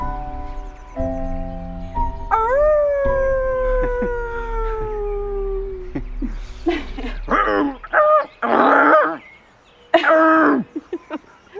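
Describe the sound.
A person imitates a wolf howl: a long tone that rises, then slowly sinks for a few seconds, followed by several loud, rough, growling vocal bursts.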